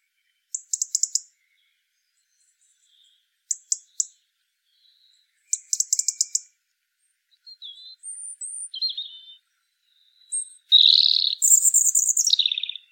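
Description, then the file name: European robin singing high, thin phrases: rapid clicky bursts repeated several times, then varied whistled notes and a bright, tumbling warble at the end. "Erithacus rubecula"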